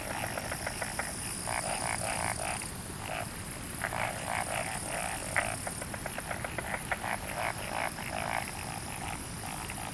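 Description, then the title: Frogs calling together in bursts of quick croaks that swell and fade, separated by short lulls, under a constant high-pitched hiss. Frogs calling at night in a rice paddy in Hokkaido, Japan, in summer. "Summer Japan, Hokkaido. Night Paddy's frogs. 夜の水田のカエル"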